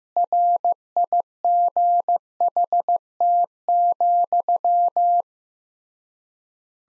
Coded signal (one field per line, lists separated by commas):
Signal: Morse code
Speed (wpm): 15 wpm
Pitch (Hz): 700 Hz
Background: none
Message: RIGHT,